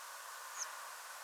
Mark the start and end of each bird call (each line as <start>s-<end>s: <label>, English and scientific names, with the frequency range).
0.54s-0.64s: Redwing (Turdus iliacus) (5.0-7.1 kHz)